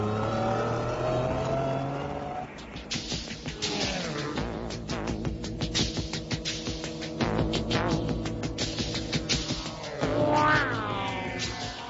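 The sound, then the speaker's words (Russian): A small truck's engine revs and whines as it pulls away up the road, its steady droning tone broken by bursts of rattling and grinding clatter, with no voices. “Они влезли в кабину, и грузовичок с треском и скрежетом поехал вверх по дороге.”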